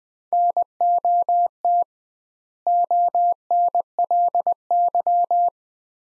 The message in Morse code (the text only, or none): NOT ONLY